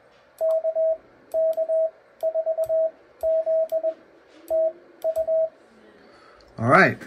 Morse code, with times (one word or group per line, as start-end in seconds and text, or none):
0.4-3.9 KK4Z
4.5-5.5 TU
6.7-6.9 I